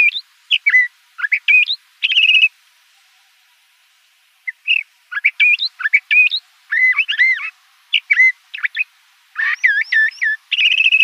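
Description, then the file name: Le Conte's thrasher singing varied chirps, slurs and buzzy notes, with a silent pause of about two seconds before the phrases resume, ending with harsher buzzy notes. Recorded in Arizona. "LCTH 2 deviche"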